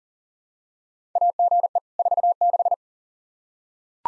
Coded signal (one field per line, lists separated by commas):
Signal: Morse code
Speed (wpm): 39 wpm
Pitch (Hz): 700 Hz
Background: none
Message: AGE 46